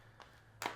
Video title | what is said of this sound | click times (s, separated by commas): They Fixed It, BUT... - Bullstrap Contemporary Open for iPhone 17 Pro Max | and click. So, this is going to be the black version. | 0.7 s